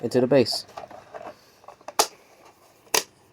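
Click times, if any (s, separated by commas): 2.0 s, 3.0 s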